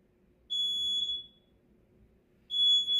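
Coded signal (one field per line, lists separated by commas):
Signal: alarm pattern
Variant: fire alarm panel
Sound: shrill high beeps about a second long separated by a second of quiet; the second beep is cut off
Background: low room hum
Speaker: Marumi ang smoke detector. Ayan sabi niya dito relaxation room. 39 seconds. Ayan, panel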